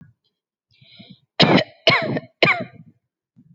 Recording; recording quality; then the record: shallow voluntary cough; excellent, no background noise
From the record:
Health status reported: healthy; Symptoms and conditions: none ticked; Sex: female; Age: 28 years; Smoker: not ticked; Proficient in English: yes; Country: India